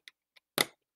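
A plastic Snap Circuits circuit block with metal snap studs is pressed onto the kit's base grid. Two faint, high-pitched ticks at 0.1 s and 0.4 s lead up to a loud, sharp snap at 0.6 s with a short ringing tail. The block seats onto the grid with that click.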